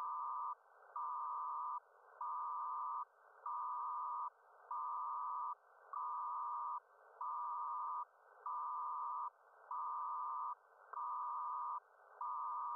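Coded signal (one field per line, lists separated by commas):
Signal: HF data modem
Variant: PACTOR-II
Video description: Decoding a PACTORII transmission.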